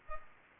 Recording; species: mosquito wingbeat signal from an infrared sensor; Culex pipiens